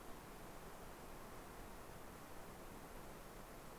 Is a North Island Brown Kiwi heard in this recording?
no